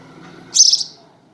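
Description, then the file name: House sparrow single chirp, a short bright note lasting about a quarter second, preceded and followed by quiet low background hum. "Passer domesticus"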